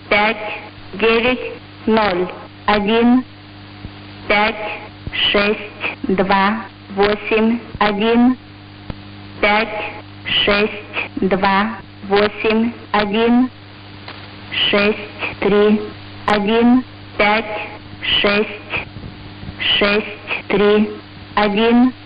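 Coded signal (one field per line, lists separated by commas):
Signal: numbers station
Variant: S06s, Russian female voice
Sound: a woman's voice reading short, evenly spaced words in Russian over a low hum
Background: radio hum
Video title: 20 07 2021 Number station S06s Russian Lady in Russian to Eu 0733 on 7365 unknown tx site in CUSB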